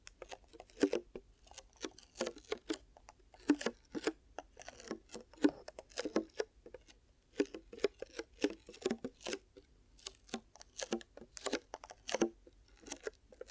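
Ear cupping sounds: soft, muffled pats and rubs that come in quick clusters, several per second, with brief pauses between groups. Each touch gives a low, padded thump with a papery rustle on top, and a faint steady hum runs underneath.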